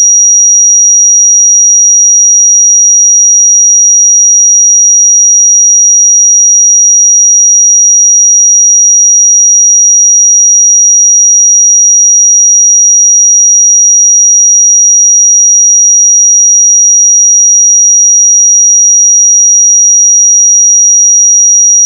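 A pure sine tone at 5747 Hz holds perfectly steady for the full length, thin, high and piercing, with no change in pitch or loudness. Nothing else sounds around it; the tone simply cuts off at the very end.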